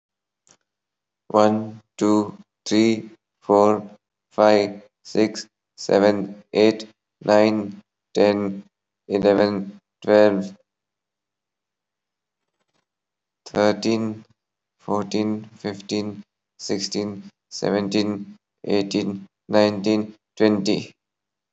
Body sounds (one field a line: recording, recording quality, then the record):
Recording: counting at a normal pace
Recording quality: excellent, no background noise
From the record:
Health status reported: healthy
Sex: male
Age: 34 years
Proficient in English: yes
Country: India